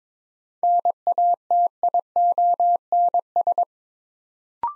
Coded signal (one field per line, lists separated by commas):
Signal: Morse code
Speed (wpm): 22 wpm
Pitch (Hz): 700 Hz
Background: none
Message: NATIONS